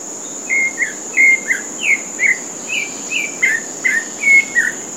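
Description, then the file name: Pale-breasted thrush song: a continuous run of short whistled, slurred phrases in quick succession, over a constant high-pitched insect buzz. Comandatuba, Bahia, Brazil. "Turdus-leucomelas-golfe-IComandatuba BA-BR. ASilveira"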